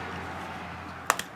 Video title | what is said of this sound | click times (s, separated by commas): A MAN CLEANS A SINK! | might take a little bit of force but make sure it clicks like that like i did | 1.1 s